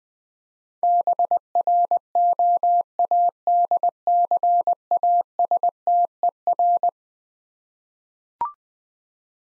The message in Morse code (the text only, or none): BROADCASTER